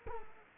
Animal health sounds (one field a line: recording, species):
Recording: mosquito wingbeat signal from an infrared sensor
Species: Culex quinquefasciatus